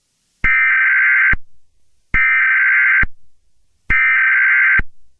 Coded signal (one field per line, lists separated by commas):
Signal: Emergency Alert System (SAME) tones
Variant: header bursts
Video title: Five nights at sonic’s ESCAPED! (my first ever EAS scenario